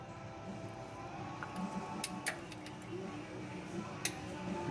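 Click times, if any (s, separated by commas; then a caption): 4.0 s. A click-type torque wrench tightens a steel differential drain plug clockwise on a 2010 Cadillac Escalade. Soft ratcheting ticks build over low background noise, then the wrench gives a sharp click at 4.1 s as it reaches its setting, confirming the plug is torqued.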